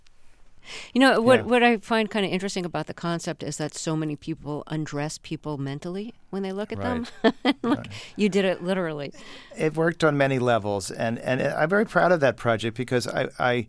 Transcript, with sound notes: You know, what I find kind of interesting about the concept is that so many people undress people mentally when they look at them.
(LAUGHTER)
Right. Right.
You did it literally.
It worked on many levels. And I'm very proud of that project, because